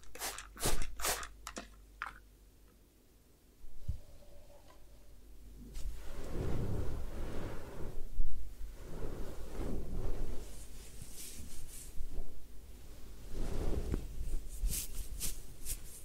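Sounds from a head spa hair wash: a run of sharp clicks and taps at the start, then a quiet stretch. From about six seconds on, steady rustling and rubbing sounds swell and fade in slow waves, with more crisp clicks near the end.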